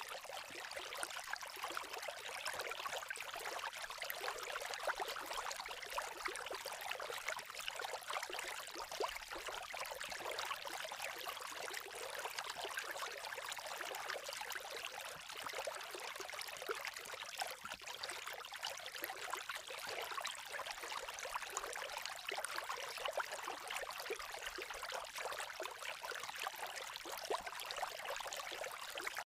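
A babbling creek runs steadily for the whole stretch, a dense, bright wash of trickling water with almost no low rumble. Fine, rapid ticks and pops flicker through it constantly, and the level holds even from start to finish.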